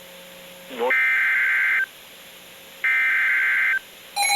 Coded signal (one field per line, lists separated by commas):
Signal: Emergency Alert System (SAME) tones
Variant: header bursts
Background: speech